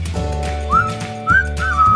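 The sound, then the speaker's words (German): Someone whistles a short tune to show how a piece of music goes, in three clear, sliding phrases, each note rising then holding at a bright mid-high pitch, over a steady low droning background. “Ich kann es ja mal vorsummen, pfeifen.”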